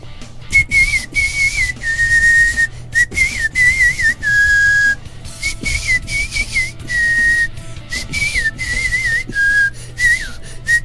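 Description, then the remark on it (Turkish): A person whistles a wavering melody in a steady, fairly high pitch, phrases broken by short breaths, with no talking over it for about eleven seconds. “Güzel çaldın.”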